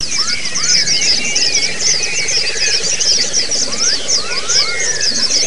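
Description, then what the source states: White-eyes twittering in rapid high bursts with short rising slurred whistles, over a pulsing engine-like drone in the background. Therapy recording of the 'ombyokan' style, with many white-eyes singing together.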